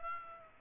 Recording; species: mosquito wingbeat signal from an infrared sensor; Aedes aegypti